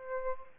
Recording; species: mosquito wingbeat signal from an infrared sensor; Aedes albopictus